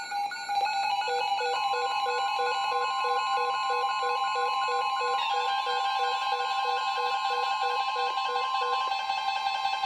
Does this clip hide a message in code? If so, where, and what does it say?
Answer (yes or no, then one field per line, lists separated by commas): no